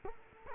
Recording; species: mosquito wingbeat signal from an infrared sensor; Culex quinquefasciatus